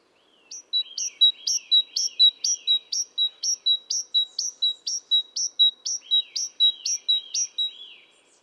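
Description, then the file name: Great tit calls: a steady run of bright, high notes, each an upswept chip followed by a lower clipped note, repeated about twice a second for roughly seven seconds. "Parus major"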